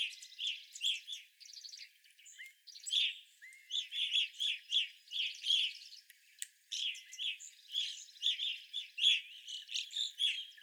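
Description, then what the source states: Evening grosbeaks chattering as a flock, repeated ringing chirps and short buzzy trills running almost without a break. Several evening grosbeaks, recorded 25 April 2021.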